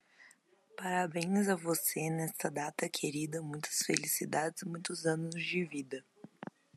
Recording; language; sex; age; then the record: short text; Brazilian Portuguese; female; 20 to 29 years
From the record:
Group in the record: control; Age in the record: 25 years